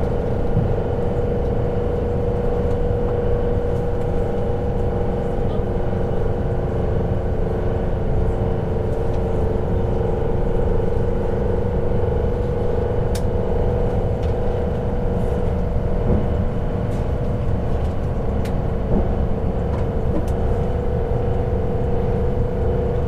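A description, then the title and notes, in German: A night train ride: a steady, heavy rumble with a constant mid-pitched drone, broken by a few faint clicks around the thirteen- and eighteen-second marks. Zugfahrt in der Nacht.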